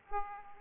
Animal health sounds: mosquito wingbeat signal from an infrared sensor; Aedes aegypti

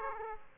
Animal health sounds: mosquito wingbeat signal from an infrared sensor; Aedes aegypti

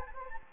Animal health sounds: mosquito wingbeat signal from an infrared sensor; Anopheles gambiae

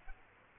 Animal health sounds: mosquito wingbeat signal from an infrared sensor; Culex quinquefasciatus

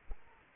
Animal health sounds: mosquito wingbeat signal from an infrared sensor; Aedes aegypti

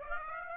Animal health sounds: mosquito wingbeat signal from an infrared sensor; Aedes aegypti

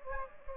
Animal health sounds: mosquito wingbeat signal from an infrared sensor; Anopheles gambiae

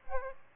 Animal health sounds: mosquito wingbeat signal from an infrared sensor; Aedes albopictus

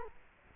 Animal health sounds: mosquito wingbeat signal from an infrared sensor; Culex quinquefasciatus

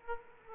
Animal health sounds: mosquito wingbeat signal from an infrared sensor; Aedes aegypti

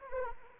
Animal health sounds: mosquito wingbeat signal from an infrared sensor; Anopheles arabiensis

